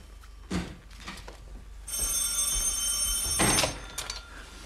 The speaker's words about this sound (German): Oh. Bei Ihnen geht das Telefon. Ja, ich hab's gehört. Entschuldigen Sie.